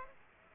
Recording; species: mosquito wingbeat signal from an infrared sensor; Aedes aegypti